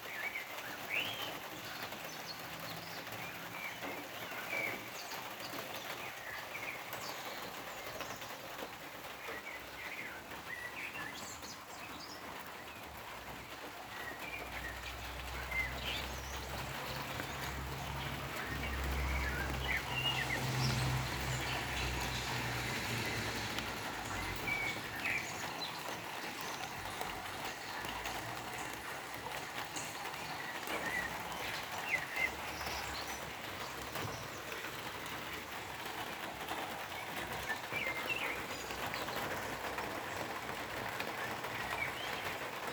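Rain patters steadily on a hut, a low rumble swells and fades through the middle, and faint bird chirps surface now and then.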